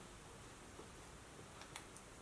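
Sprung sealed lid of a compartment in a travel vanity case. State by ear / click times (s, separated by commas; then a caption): seated / 1.8 s. The sprung, sealed lid of a compartment in an antique travel vanity case is folded down and closed against a steady background hiss. It shuts with a small, sharp click at 1.8 s, followed by a fainter tick at 2.0 s, sealing the compartment watertight.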